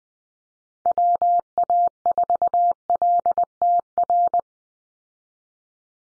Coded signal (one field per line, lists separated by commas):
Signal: Morse code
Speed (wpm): 20 wpm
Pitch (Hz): 700 Hz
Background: none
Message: WA4LTR